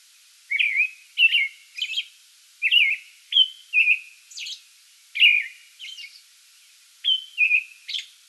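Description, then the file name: American robin singing a run of short whistled phrases with high squeaky notes, separated by brief gaps. Song bout, 8 May 2022. "2022-05-08 American Robin song bout"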